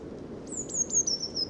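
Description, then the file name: Eurasian blue tit call: a thin, very high whistle that slides slowly downward for about a second, with faint clicks and a low background hum. "Cyanistes caeruleus"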